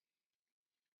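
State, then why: Not seated. A transmission shifter cable end on a 1994 Bronco / F-150 is handled as its tab is aligned with the notch in the shifter bracket, ready to be pulled until it snaps in place. Only faint, steady low-level handling noise is heard, dropping to near silence at the end. Nothing has seated or clicked yet.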